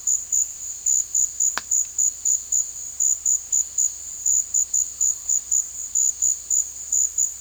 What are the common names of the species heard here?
none